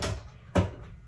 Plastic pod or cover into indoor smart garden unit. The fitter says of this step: like it also snaps in that way